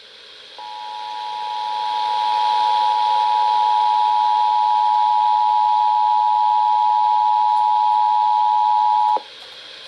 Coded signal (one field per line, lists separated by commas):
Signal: Emergency Alert System (SAME) tones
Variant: 853 and 960 Hz attention tone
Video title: North Carolina July Tests - EAS Alerts from 7/9/18 (EAS #1,406 - 1,409) -